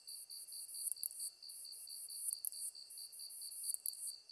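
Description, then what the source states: Short stretch of katydid song, high hiss broken by regular clicks, over a rhythmic pulsing insect background. Recorded 23 August 2010 at 21:33.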